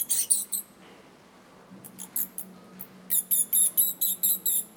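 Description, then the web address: Bats squeaking, a run of sharp high chirps, a quiet gap, then a brisk repeated series of shrill squeaks. "Soundscape Bat 1"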